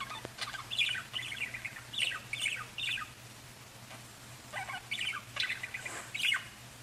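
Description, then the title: Budgerigar warbling chatter, soft chirps and short trills in clusters with pauses, over a steady low hum. "Budgie Sounds"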